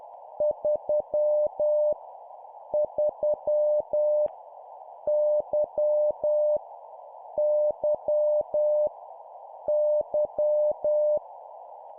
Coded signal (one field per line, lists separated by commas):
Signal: Morse code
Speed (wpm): 10 wpm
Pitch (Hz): 600 Hz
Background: none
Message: 3 3 Y Y Y